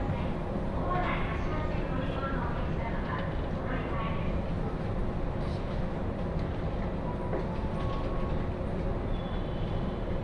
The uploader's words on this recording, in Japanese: 耳で楽しむ鉄道旅 常磐線 勝田→石岡。